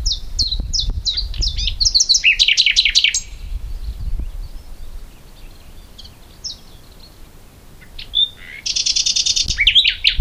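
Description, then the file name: Common nightingale song with rapid chirping phrases, a quiet gap and a dense buzzy trill, over low rumbling background noise. "Luscinia megarhynchos"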